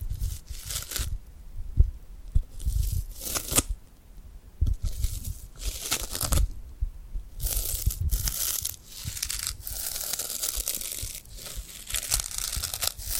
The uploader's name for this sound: Tingly Glued Hand Sounds